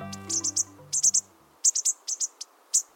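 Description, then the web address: Bushtit calls: very high, thin, short chips in quick clusters of two or three, while a low steady hum fades out early on. "birdnote-daily- episodio bushtits"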